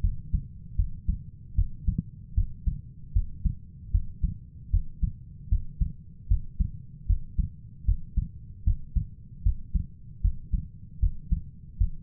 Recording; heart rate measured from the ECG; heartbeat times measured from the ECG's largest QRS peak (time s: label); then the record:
heart sounds by stethoscope; 77 bpm
0.02 s: heartbeat
0.76 s: heartbeat
1.56 s: heartbeat
2.35 s: heartbeat
3.13 s: heartbeat
3.92 s: heartbeat
4.71 s: heartbeat
5.49 s: heartbeat
6.28 s: heartbeat
7.07 s: heartbeat
7.86 s: heartbeat
8.65 s: heartbeat
9.43 s: heartbeat
10.22 s: heartbeat
11.00 s: heartbeat
11.78 s: heartbeat
From the record:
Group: healthy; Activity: breath hold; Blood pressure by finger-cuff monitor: 132/83 mmHg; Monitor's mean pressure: 97 mmHg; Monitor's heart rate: 76 bpm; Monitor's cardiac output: 5.8 L/min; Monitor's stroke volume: 76 mL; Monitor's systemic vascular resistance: 1290 dyn s/cm5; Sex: female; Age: 37 years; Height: 168 cm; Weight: 70 kg